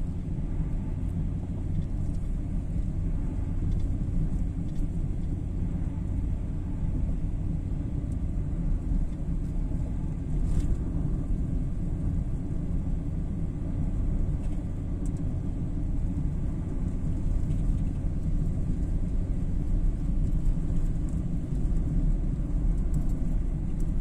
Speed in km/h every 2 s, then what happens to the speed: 67, 67, 67, 66, 66, 66, 67, 66, 66, 64, 63, 62.
0-24 steady at about 66.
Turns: none.